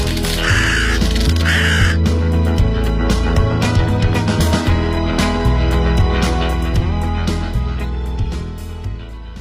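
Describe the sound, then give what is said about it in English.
Loud, continuous birdsong fills the whole stretch, with harsh, raspy cawing bursts early on over a dense, steady layer of calls. No one speaks. “I like a bit of birdsong.”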